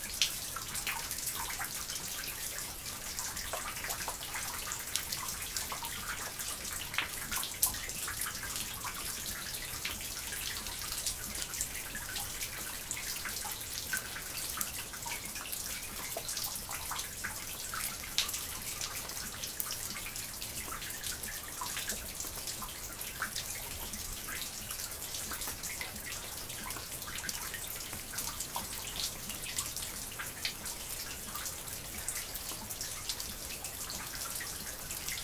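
Slushy river ice melts with a dense, steady fizz of tiny crackles and ticks, bright and hissing, packed close together for the whole stretch. Faint drips and trickling water sit underneath, with little low rumble and no change in level.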